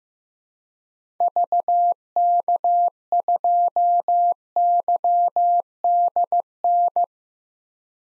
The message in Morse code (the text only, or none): VK2YDN